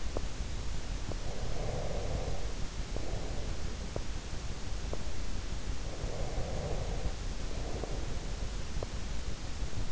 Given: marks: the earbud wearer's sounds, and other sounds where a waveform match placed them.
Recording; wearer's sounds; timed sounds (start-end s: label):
sounds in sleep by an in-ear microphone; teeth grinding, breath
0.00-0.45 s: teeth grinding
1.09-3.73 s: breath
3.85-4.13 s: teeth grinding
4.82-5.08 s: teeth grinding
5.72-8.30 s: breath
8.79-9.00 s: teeth grinding